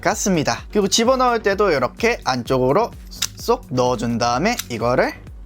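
Someone talks while pushing the cannon part of the Trigger Machine No. 2 plastic toy police vehicle back inside its body to stow it, with soft music in the background. The part has not seated or clicked yet by the end.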